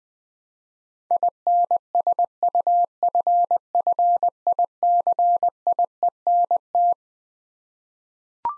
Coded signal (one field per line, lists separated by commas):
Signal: Morse code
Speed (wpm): 21 wpm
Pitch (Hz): 700 Hz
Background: none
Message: INSUFFICIENT